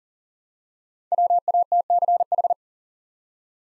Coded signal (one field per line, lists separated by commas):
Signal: Morse code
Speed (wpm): 40 wpm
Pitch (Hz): 700 Hz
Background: none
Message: WATCH